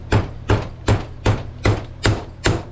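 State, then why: Seated. A fork oil seal is tapped into the top of the fork slider on a 1976 Harley FLH with a Motion Pro slide-hammer type seal driver, giving seven evenly spaced hammer blows about 0.4 s apart. The seal seats at 2.1 s and 2.5 s, where the blows turn louder and more solid, with a sharper, shorter decay.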